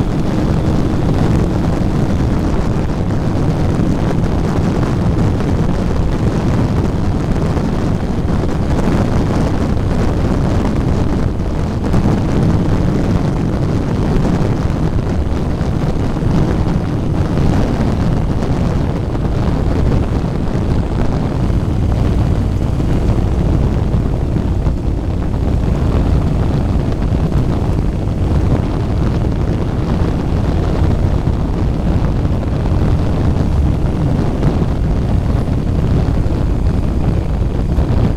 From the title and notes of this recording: A video clip taken riding in Southern Utah.